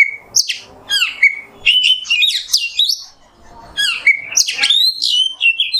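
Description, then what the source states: Oriental magpie-robin song, loud whistles mixed with rapid chattering notes, a short pause midway before a fresh run of notes. Masteran kacer in the nembak song style, a tutor song for training songbirds.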